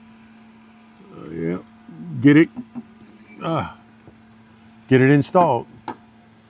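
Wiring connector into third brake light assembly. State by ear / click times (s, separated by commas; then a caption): not seated / none. Someone talks while handling an electrical wiring connector to plug into a replacement third brake light assembly on a rear hatch. A low steady hum runs underneath, with a brief sharp tap near 5.9 s. The connector has not seated or clicked in yet.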